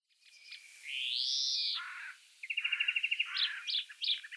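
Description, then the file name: European greenfinch song opening with a long drawn-out nasal wheeze, followed by a rapid even trill and several short twittering phrases. "Chloris chloris"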